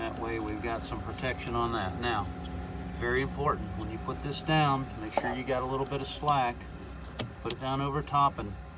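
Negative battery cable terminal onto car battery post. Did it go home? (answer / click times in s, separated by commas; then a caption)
no / none. Someone talks while handling the negative battery cable terminal clamp of an Alfa Romeo Giulia/Stelvio, positioning it with a little slack over the cleaned car battery post. Nothing has seated or clicked yet; the clamp has not snapped on.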